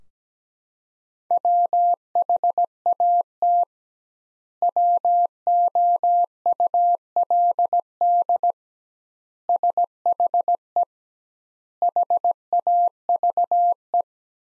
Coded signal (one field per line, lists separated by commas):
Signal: Morse code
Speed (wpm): 17 wpm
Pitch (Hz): 700 Hz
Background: none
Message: WHAT WOULD SHE HAVE